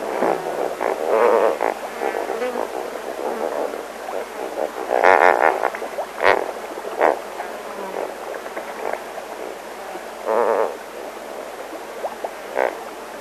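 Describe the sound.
Lesser flamingo giving a continuous run of nasal, gabbling honks, with a few sharp louder notes breaking through midway.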